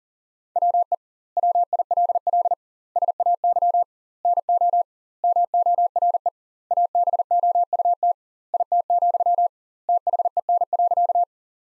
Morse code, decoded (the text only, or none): WE WILL SAY NO MORE ABOUT IT, THEN.